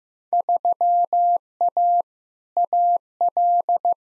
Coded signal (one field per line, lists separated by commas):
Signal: Morse code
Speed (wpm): 15 wpm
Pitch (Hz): 700 Hz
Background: none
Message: 3A AL